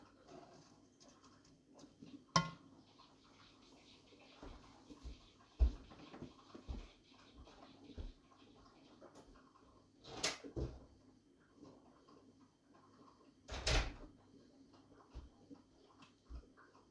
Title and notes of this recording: ASMR Cooking. Chopping vegetables, frying onions, pouring water